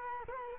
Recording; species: mosquito wingbeat signal from an infrared sensor; Culex quinquefasciatus